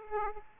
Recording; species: mosquito wingbeat signal from an infrared sensor; Aedes aegypti